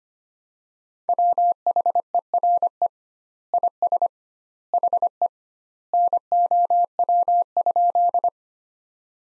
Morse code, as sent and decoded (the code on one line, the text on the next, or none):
.-- .... . .-. . / .. ... / .... . / -. --- .-- ..--..
WHERE IS HE NOW?